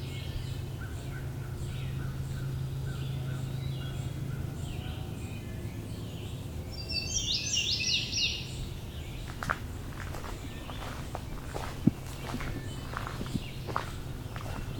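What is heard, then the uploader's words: Songbirds call in a forest, with a bright, rapid burst of song near the middle and fainter calls throughout. A low hum fills the first half, and in the second half scattered footsteps or crunching sounds come and go, with one sharp click. Today I’m in the Dundas Valley, just below the Niagara Escarpment in Hamilton Ontario, one of the largest remaining Carolinian Forests in the region. Indigo Bunting, Wood Thrush, American Redstart.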